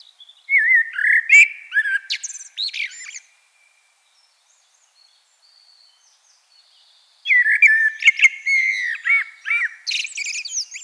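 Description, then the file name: Common blackbird singing two lengthy phrases of varied fluted whistles mixed with sharp, high twittering notes, a quiet interval between them. "Turdus merula"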